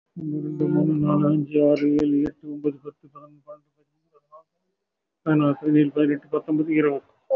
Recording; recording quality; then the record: counting at a fast pace; excellent, no background noise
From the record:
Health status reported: respiratory illness, not identified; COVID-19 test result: negative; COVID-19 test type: RT-PCR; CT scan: taken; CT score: 0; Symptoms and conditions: cough, cold, breathing difficulty, sore throat, chronic lung disease, another respiratory illness, hypertension, diabetes, ischaemic heart disease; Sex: male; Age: 67 years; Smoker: no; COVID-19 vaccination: none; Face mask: worn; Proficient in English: no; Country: India